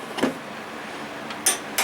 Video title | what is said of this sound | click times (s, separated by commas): Free Toro Lawnmower from Hell Part 3 The Fix | hear that click | 1.5 s